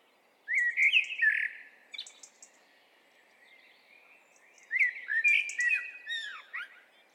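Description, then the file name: Eurasian blackbird singing rich, liquid warbling phrases, two bursts a few seconds apart, each trailing into high squeaky notes over a faint background hiss. "Turdus merula"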